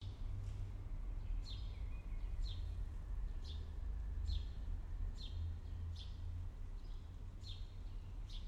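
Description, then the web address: Songbird song: sharp downslurred chirps repeated in a steady series, over a steady low rumble of traffic. Early morning songbirds on a city avenue in Paris, France, with distant traffic. "Tom Hutchings Europe France Paris City Avenue Early Morning Song Birds Distant Traffic"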